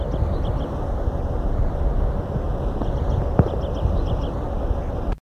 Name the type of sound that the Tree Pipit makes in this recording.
call